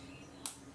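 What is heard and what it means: A half-seated retaining clip on the shaft of a plastic gearbox in an Arocs tipper model truck is pushed further and snaps fully on. A single sharp, bright click is heard at 0.5 s over a quiet background, confirming the clip has seated home.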